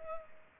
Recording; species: mosquito wingbeat signal from an infrared sensor; Culex pipiens